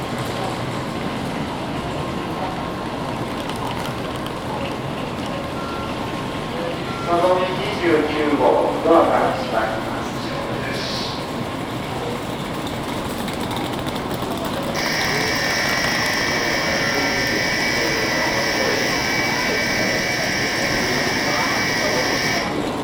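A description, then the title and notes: A busy station platform hums with a steady low rumble of machinery and crowd noise. Around seven to nine seconds, voices rise briefly and clearly over the din. From about fifteen seconds, a bright, steady electronic tone sounds continuously until the end. Tokyo Station - Shinkansen Platforms. Sound recorded with Zoom H2N in 2 channel surround mode.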